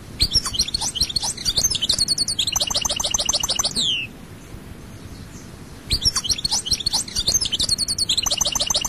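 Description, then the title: European goldfinch song in two bursts of fast liquid twitters and buzzy trills, the first ending in a descending slur, separated by a two-second pause. "Chant Chardonneret"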